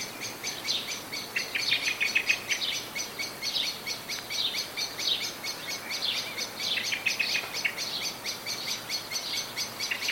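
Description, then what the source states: Blackbird tchink alarm notes tumbling quickly and unevenly, with occasional short downslurred chatters, steady over the whole stretch against light noise. Blackbird calling in a state of anxiety.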